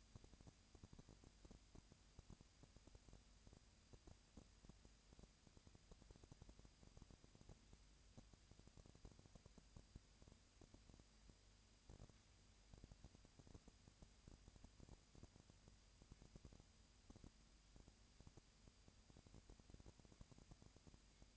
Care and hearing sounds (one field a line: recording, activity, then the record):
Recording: daily activity, microphone in the room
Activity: no activity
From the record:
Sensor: 2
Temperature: 20.3 degrees Celsius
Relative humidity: 37.0%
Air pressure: 998.6 hPa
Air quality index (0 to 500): 236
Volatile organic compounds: 38 ppm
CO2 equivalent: 3120 ppm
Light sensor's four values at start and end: 2/3/2/2 and 2/3/2/2